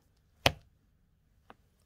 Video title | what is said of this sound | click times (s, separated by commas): How to insert 3D sinker eyes. | you'll hurry click | 0.5 s